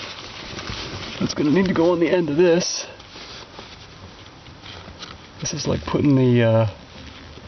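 A white plastic clip is handled at the end of a Volvo accelerator cable, ready to be pressed on, while someone talks over faint rustling and a brief tap near 5.1 s. Nothing has seated or clicked yet; the clip is not yet home.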